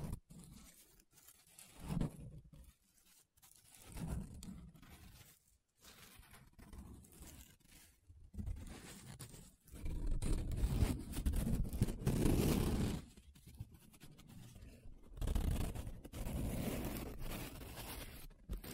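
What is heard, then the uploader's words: Paper being handled, with irregular bursts of scratching and rubbing separated by short silences. The strokes are dry and papery, mostly low and rough, growing longer and denser after about ten seconds, with a louder swell near twelve seconds. ASMR 7 Different Paper Sounds Tracing, Scratching, Rubbing (No Talking).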